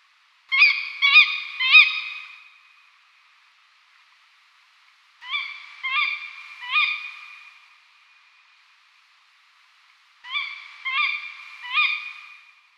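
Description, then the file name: Tawny owl calls: three harsh, nasal notes in quick succession, repeated in three bursts about five seconds apart. Female. "Strix-aluco hlas-samice"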